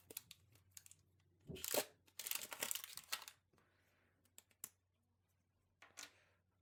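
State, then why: Not seated. A cyan ink cartridge is handled before insertion into the carriage slot of an HP OfficeJet Pro 8125e inkjet printer. Bursts of tearing and crinkling, loudest between about 1.5 and 3.3 s, are followed by a few quieter taps and rustles. Nothing has seated or clicked yet.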